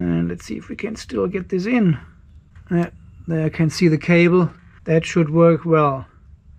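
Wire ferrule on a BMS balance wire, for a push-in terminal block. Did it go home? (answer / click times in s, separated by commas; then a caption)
no / none. A wire ferrule is handled on a thin BMS balance wire, stripped to double length and folded, for a push-in terminal block. Someone talks throughout over a low steady background hum, and no distinct clicks are heard. Nothing has seated or clicked yet.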